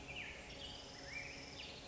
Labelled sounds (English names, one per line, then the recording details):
Black-headed Grosbeak
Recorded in Sonoma County, California